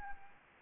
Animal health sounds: mosquito wingbeat signal from an infrared sensor; Anopheles gambiae

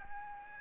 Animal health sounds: mosquito wingbeat signal from an infrared sensor; Aedes aegypti

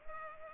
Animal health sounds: mosquito wingbeat signal from an infrared sensor; Culex pipiens

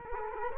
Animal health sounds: mosquito wingbeat signal from an infrared sensor; Culex quinquefasciatus

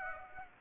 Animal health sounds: mosquito wingbeat signal from an infrared sensor; Aedes aegypti

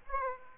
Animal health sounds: mosquito wingbeat signal from an infrared sensor; Aedes aegypti

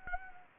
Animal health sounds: mosquito wingbeat signal from an infrared sensor; Anopheles gambiae

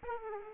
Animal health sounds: mosquito wingbeat signal from an infrared sensor; Aedes aegypti

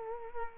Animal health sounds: mosquito wingbeat signal from an infrared sensor; Culex quinquefasciatus

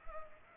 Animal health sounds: mosquito wingbeat signal from an infrared sensor; Culex pipiens

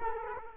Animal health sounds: mosquito wingbeat signal from an infrared sensor; Culex quinquefasciatus

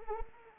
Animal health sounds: mosquito wingbeat signal from an infrared sensor; Anopheles arabiensis

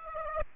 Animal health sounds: mosquito wingbeat signal from an infrared sensor; Aedes aegypti

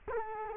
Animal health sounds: mosquito wingbeat signal from an infrared sensor; Culex quinquefasciatus

